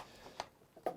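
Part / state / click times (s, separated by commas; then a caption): canister stand onto gas canister / seated / 0.9 s. A plastic canister stand is pushed onto a gas canister and snaps into place. A sharp tick sounds at 0.4 seconds, then a faint tap, then the loudest click at 0.9 seconds as the stand seats.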